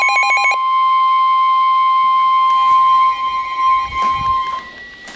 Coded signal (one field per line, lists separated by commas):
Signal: Emergency Alert System (SAME) tones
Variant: 1050 Hz attention tone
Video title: Severe T-Storm Warning (EAS #1,146)